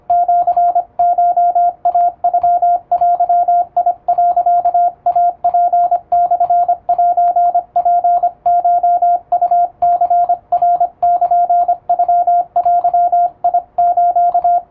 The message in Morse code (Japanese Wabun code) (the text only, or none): シコイノデ、イツモセツコウニナルノデス